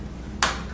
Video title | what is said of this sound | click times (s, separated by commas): Technical Demonstration Presentation | and when you push it in it's going to click | 0.4 s